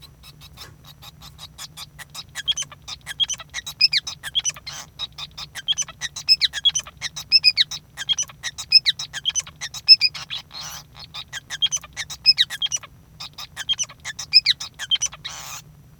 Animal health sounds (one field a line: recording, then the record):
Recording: song of a male Bengalese finch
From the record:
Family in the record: son of father 5